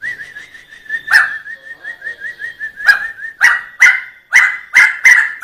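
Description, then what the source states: Sumatran laughingthrush song: a run of quick, even whistled notes, broken by loud harsh bursts, then fuller rich whistles at the end. Sumatran crested laughingthrush singing in the 'ngerol' style, a continuous rolling song, described as special.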